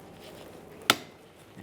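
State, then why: Seated. A front wiper blade with its adapter is pressed onto the wiper arm tip of a 2013-2020 Ford Fusion until the plastic locking ears snap in. A single sharp, bright click rings out at 0.9 s over a quiet background, then fades quickly. The blade is seated, with both locking ears clicked onto the arm.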